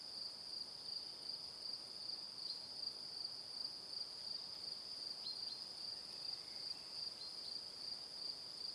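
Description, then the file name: Crickets chirp in regular rapid pulses at a high pitch, with a few faint dipping notes partway through. Evening. "Calm - Evening Crickets"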